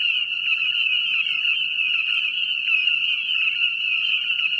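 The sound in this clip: Frog calling: a steady, shrill high trill runs throughout, with repeated lower clicking notes underneath.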